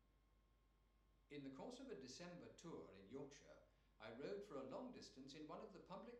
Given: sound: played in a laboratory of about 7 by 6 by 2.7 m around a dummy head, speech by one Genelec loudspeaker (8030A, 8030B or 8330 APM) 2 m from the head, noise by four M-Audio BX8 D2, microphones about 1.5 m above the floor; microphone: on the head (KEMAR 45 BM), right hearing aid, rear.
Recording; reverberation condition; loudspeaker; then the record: male speech in English; medium; 150 degrees to the right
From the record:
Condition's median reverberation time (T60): about 510 ms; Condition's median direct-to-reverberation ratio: about -0.5 dB